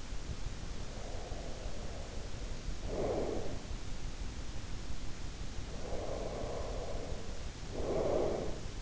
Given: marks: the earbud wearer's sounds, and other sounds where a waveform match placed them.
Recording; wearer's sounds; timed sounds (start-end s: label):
sounds in sleep by an in-ear microphone; breath
0.84-3.74 s: breath
5.72-8.82 s: breath